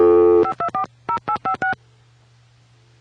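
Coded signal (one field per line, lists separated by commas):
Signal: DTMF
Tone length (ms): 100 ms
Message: 5240856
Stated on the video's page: Vintage 1960s–1980s Bell System and GTE telephone network sounds, including 2600 Hz trunk tones, dial tones and busy signals.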